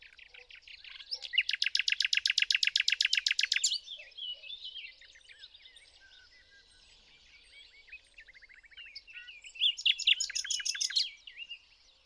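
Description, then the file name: Common nightingale song: a long, loud burst of rapidly repeated notes, softer mixed warbling, then another brisk repeated-note phrase. "Luscinia megarhynchos"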